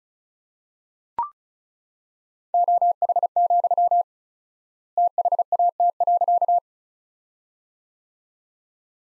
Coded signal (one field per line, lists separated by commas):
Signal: Morse code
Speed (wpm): 36 wpm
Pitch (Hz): 700 Hz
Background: none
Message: OH, THAT.